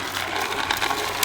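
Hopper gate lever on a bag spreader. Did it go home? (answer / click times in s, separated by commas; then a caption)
yes / 0.7 s, 1.2 s. The plastic hopper gate lever on a Spyker 25 lb bag spreader, with its dial set to five, is pulled back a little against a steady background noise. Sharp clicks at 0.7 s and 1.2 s mark the lever seating in its detent, and the hopper opens.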